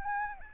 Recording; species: mosquito wingbeat signal from an infrared sensor; Anopheles arabiensis